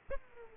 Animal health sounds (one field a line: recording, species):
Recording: mosquito wingbeat signal from an infrared sensor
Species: Aedes aegypti